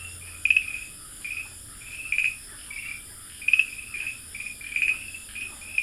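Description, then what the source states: Farmland green tree frog uttering short, rattling chirps in uneven bursts, several calls in six seconds, over continuous high background noise. Dalin.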